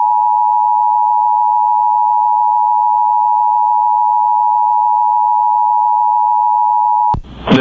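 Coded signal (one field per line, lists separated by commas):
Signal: Emergency Alert System (SAME) tones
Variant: 853 and 960 Hz attention tone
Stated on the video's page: Alerts mostly captured from an IP-based EAS relay station.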